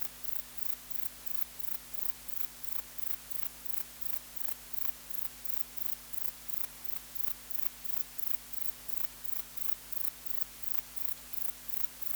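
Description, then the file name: Grey bush-cricket song: short, dry, buzzy chirps repeated steadily about three times a second over a constant low hum. "Platycleis albopunctata"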